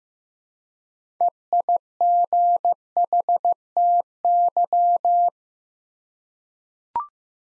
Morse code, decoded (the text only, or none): EIGHTY